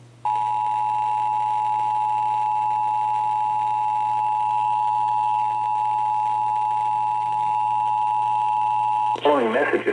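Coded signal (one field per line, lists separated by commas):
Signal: Emergency Alert System (SAME) tones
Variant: 853 and 960 Hz attention tone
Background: speech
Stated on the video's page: AMBER Alert child abduction emergency relayed on FM broadcast stations.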